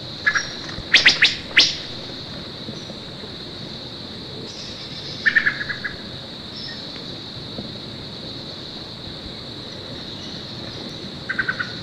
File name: Wood Thrush